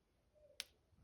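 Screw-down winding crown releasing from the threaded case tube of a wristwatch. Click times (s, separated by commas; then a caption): 0.6 s. The screw-down winding crown of a metal dive watch is unscrewed until it springs free of its threaded case tube. A short, sharp click is heard at 0.6 s as the crown pops out and is released.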